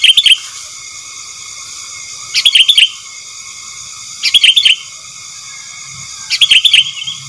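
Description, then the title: Sooty-headed bulbul repeating a short bubbly chattering phrase four times, roughly every two seconds, with a steady whining hum underneath. "Kutilang"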